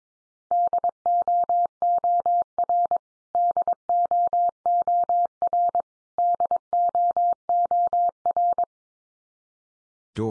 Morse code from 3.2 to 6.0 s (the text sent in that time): DOOR